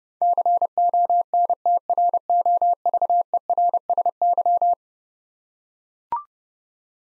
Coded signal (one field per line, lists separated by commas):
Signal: Morse code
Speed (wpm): 32 wpm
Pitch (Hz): 700 Hz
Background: none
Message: CONTROVERSY